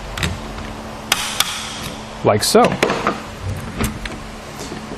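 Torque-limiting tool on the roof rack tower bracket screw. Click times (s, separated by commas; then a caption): 1.1 s, 1.4 s. A supplied torque-limiting tool tightens the screw holding a Yakima RidgeLine roof rack tower bracket to the flush rail of a 2015 Nissan Rogue, turned until it gives two or three audible clicks. Sharp clicks from the tool land at 1.1 s and 1.4 s, showing it has reached its torque setting, and someone talks afterward.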